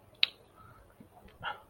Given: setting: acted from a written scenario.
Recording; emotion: vocal sound without words; shame